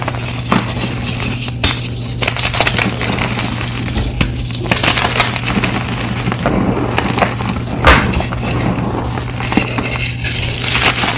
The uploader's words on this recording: 100 Blocks Gym Chalk Mass Crush.